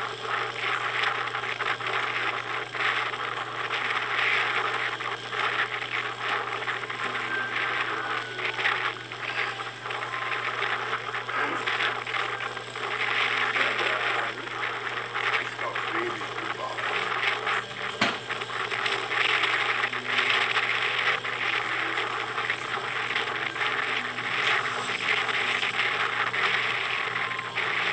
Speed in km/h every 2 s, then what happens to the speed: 36, 37, 37, 38, 37, 36, 36, 37, 39, 43, 45, 45, 44, 45.
0-13 steady at about 37. 13-20 speeds up to 45. 20-28 steady at about 45.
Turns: none.